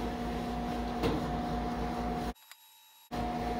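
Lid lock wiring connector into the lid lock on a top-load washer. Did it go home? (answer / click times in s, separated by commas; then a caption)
no / none. The wiring connector for a new lid lock on a GE top-load washer is handled as the plastic plug is re-hooked, but nothing has seated or clicked yet. A steady hum with tonal lines runs throughout, with a brief rustle near 1.0 s. The sound then drops almost to silence from about 2.3 to 3.1 s, with only a faint tick at 2.5 s, before the hum returns.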